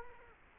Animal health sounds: mosquito wingbeat signal from an infrared sensor; Culex quinquefasciatus

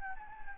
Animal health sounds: mosquito wingbeat signal from an infrared sensor; Anopheles gambiae

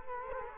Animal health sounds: mosquito wingbeat signal from an infrared sensor; Culex quinquefasciatus

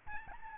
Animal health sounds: mosquito wingbeat signal from an infrared sensor; Aedes albopictus

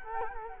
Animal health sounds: mosquito wingbeat signal from an infrared sensor; Culex quinquefasciatus

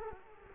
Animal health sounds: mosquito wingbeat signal from an infrared sensor; Culex quinquefasciatus

